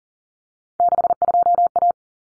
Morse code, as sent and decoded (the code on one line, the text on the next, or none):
-.... ..--- .-
62A